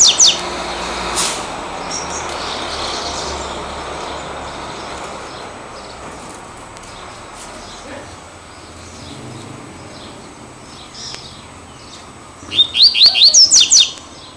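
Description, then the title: Double-collared seedeater song. Mostly quiet background hiss, then a closing phrase of several rapid, bright rising whistles in under two seconds. "Canto Coleiro"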